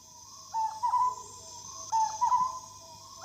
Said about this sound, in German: Einen Lachfalken kann man hören, der nur in der Regenzeit ruft und in Banguana nur mehr sehr selten vorkommt.